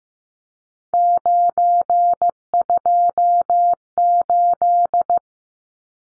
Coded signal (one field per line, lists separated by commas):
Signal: Morse code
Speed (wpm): 15 wpm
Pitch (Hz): 700 Hz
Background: none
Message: 928